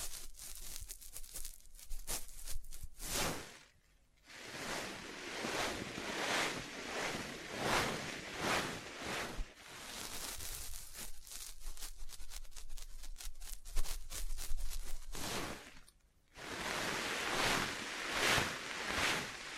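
Dense scratching and tracing noise with rapid tapping bursts, swelling and fading, broken by two brief near-silences around four and sixteen seconds.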